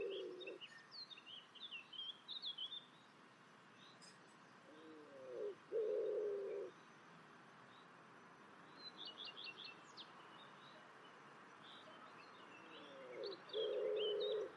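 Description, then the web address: Bird calls: two bursts of short high chirps alternating with louder low, blocky notes over steady background hiss. "birddata Deverinetal 2025 Bird Only"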